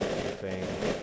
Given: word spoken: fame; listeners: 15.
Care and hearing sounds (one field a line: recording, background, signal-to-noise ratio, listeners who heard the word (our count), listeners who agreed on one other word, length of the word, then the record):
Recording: one English word in noise, from a listening test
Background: noise modulated by three-talker babble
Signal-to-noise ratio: -3.7 dB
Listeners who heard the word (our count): 5 of 15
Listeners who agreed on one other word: 8 of 15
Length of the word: 0.63 s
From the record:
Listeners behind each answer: 8, 5, 1, 1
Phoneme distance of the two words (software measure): 20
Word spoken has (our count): 1 syllable, 3 phonemes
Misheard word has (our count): 1 syllable, 3 phonemes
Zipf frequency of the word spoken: 4.18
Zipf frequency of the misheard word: 3.67